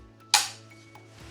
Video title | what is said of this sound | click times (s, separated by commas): IMI Mini Uzi Tabletop Review and Range | hear that click? That's metal to metal of it, just, you know. | 0.3 s